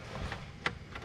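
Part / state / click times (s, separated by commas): drive belt onto engine water pump pulley / not seated / none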